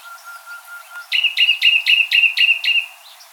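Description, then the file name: Common nightingale song phrase: a soft level whistle, then seven loud, evenly spaced chopping notes repeated about four times a second, fading at the end. "Luscinia megarhynchos"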